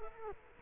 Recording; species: mosquito wingbeat signal from an infrared sensor; Culex quinquefasciatus